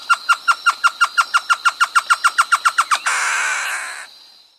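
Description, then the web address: Great antshrike song: a steady series of many short notes, then a harsh, drawn-out nasal snarl lasting about a second before fading. Recorded in South America. "Natures Songs S America Great Antshrike"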